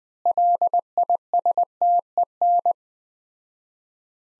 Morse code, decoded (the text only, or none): LISTEN